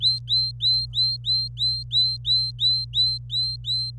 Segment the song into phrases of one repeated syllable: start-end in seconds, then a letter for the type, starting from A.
0.01-3.90 A